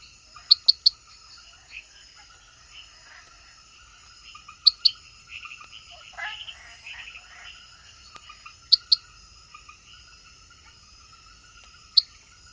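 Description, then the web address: Treefrog clicking sharply, a quick triple near the start and then single or paired clicks, against a constant high insect drone and a busy chorus of chirps. Recorded in the Ecuadorian Amazon. "Natures Songs. Frogs of Ecuadorian Amazon Hyla reveroi"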